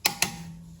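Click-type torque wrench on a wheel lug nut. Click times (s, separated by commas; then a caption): 0.1 s, 0.2 s. A child tightens a lug nut on a Model 3 wheel with a click-type torque wrench, which reaches its torque setting. Two sharp metallic clicks sound at 0.1 s and 0.2 s, followed by a faint low ring that fades out.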